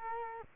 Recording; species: mosquito wingbeat signal from an infrared sensor; Culex quinquefasciatus